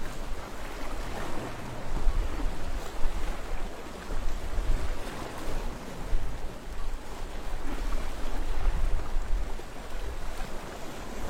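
Waves wash continuously against rocks below a seawall, a dense, rushing wash that swells and eases every few seconds without a clear break. A low rumble of sea wind runs underneath throughout, with brighter splashing hiss layered over it.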